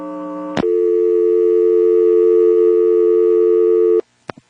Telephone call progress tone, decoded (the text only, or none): dial tone